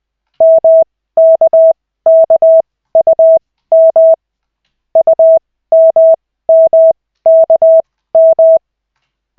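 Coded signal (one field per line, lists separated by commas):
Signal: Morse code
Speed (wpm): 20 wpm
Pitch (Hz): 650 Hz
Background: none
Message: MKKUM UMMKM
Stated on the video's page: Koch method Morse practice session from the LCWO.net website, two characters at the start.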